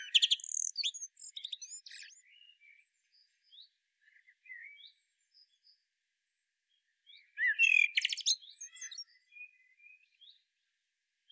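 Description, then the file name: Common blackbird song: a squeaky, twittering high phrase opens, soft chirps follow, and a second warbled, twittering phrase comes near eight seconds, with faint high notes between. "Turdus merula"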